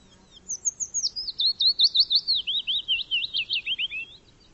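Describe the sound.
Bird song: a quick series of clear high notes running into a rapid, looping trill that gradually drops in pitch before ending.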